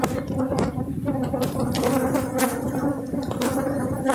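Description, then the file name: Honey bees giving a steady, even hum that holds its pitch, with faint crackling pulses over the drone. Aggressive honey bees inside the hive. "Abejas agresivas"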